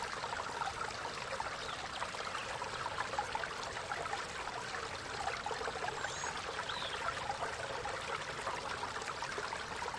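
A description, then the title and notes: A stream splashes over stones in a steady, dense babble that holds an even level for the whole stretch. The sound sits mostly in the mid and upper range, full of quick bright droplets, and a couple of faint high chirps surface around six to seven seconds. Japanese Garden. You happen upon a stream splashing over stones.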